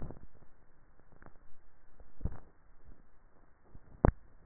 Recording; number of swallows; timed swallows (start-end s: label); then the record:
swallowing sounds by neck microphone; 1
2.18-2.98 s: swallow
From the record:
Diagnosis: dysphagia